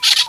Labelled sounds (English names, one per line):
Brown-throated Parakeet contact call